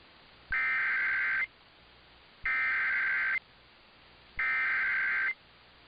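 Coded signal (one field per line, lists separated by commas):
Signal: Emergency Alert System (SAME) tones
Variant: header bursts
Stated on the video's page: EAS alerts for California flooding and storms.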